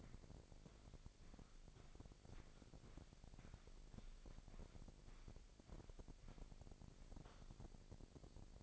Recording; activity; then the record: daily activity, microphone in the room; walk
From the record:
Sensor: 5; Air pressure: 1001.8 hPa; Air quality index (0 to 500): 188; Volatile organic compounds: 13 ppm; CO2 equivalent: 2423 ppm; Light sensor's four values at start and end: 33/107/41/43 and 33/107/41/43